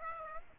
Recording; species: mosquito wingbeat signal from an infrared sensor; Aedes aegypti